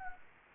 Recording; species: mosquito wingbeat signal from an infrared sensor; Anopheles gambiae